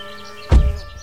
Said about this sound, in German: Muss ja was ganz Besonderes passiert sein, wenn der seinen Martinshorn tröten lässt.